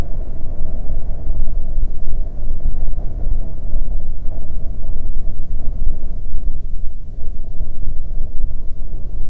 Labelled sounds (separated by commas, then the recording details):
wind
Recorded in the Prudhoe Bay oil fields, Alaska, on 15 May 2019 at 00:30
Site 24